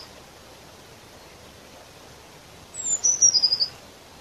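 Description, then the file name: Eurasian blue tit call arriving after nearly three seconds of soft hiss: a high thin descending note and a brief rapid trill of several pulses. "Cyanistes caeruleus"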